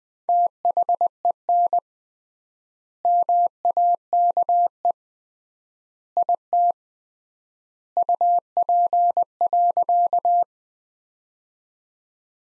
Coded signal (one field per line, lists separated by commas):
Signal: Morse code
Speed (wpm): 20 wpm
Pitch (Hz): 700 Hz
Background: none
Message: THEN MAKE IT UP.